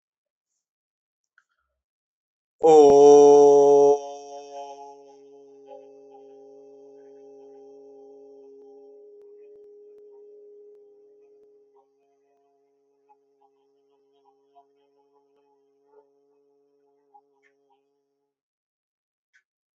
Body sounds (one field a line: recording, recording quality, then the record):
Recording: sustained vowel as in boot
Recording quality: excellent, no background noise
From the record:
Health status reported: healthy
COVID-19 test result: not tested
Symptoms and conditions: none ticked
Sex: male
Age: 25 years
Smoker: not ticked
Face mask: not worn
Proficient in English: yes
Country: India